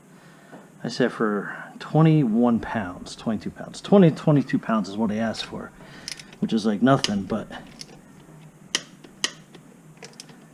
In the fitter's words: hear that clicking so we're at it okay and